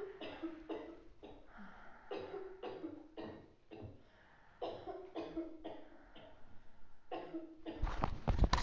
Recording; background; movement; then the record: deep breathing; a bystander coughing; sitting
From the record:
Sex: female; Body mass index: 18.8 kg/m2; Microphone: on the chest, facing outward